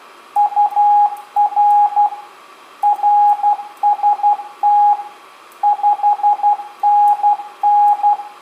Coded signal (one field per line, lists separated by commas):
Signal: Morse code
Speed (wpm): 12 wpm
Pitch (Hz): 830 Hz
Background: radio noise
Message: UR RST 5NN